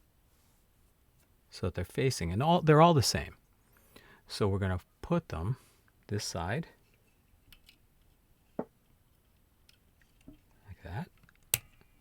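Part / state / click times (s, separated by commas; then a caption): switches into circuit board / seated / 8.6 s, 11.5 s. Someone talks while three toggle switches are pushed one after another into a circuit board, all facing the same way. A sharp click at 8.6 s and a louder snap at 11.5 s are heard as the switches seat, snapping into place on the board.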